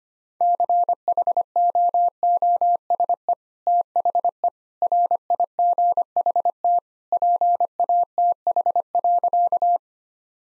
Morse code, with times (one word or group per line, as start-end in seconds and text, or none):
0.4-3.3 CHOOSE
3.7-4.5 THE
4.8-6.8 RIGHT
7.1-9.8 PATH.